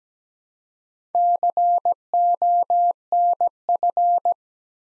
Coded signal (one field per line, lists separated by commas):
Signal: Morse code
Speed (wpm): 17 wpm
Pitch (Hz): 700 Hz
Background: none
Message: CONF